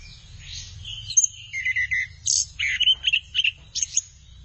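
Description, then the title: Thrush giving a short phrase of slurred whistles and sweet chirped notes, spaced into brief separate bursts. "burung anis x"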